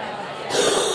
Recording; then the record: coughing mixed with background sound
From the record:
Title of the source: 30 Chesty and wet cough